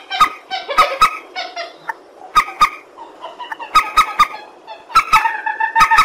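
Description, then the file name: Purple swamphen giving grouped nasal honks and cackles in short bursts, with sharp clicks. "tieng trich re keu"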